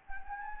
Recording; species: mosquito wingbeat signal from an infrared sensor; Anopheles gambiae